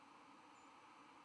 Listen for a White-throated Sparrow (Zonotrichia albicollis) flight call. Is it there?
yes